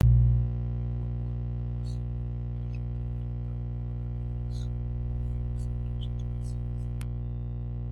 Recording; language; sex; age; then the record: spoken sentence; Brazilian Portuguese; female; 60 to 69 years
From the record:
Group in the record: control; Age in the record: 65 years